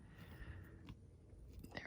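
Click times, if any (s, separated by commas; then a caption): 1.8 s. A crimped male contact on a negative wire is pushed all the way into a male MC4 connector housing. A soft, muffled shuffle of handling gives way to a sharp click at 1.8 s as the contact seats, with a smaller tick just after. The contact is confirmed seated in the housing.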